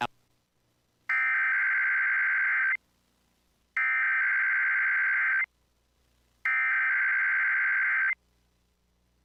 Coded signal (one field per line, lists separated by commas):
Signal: Emergency Alert System (SAME) tones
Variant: header bursts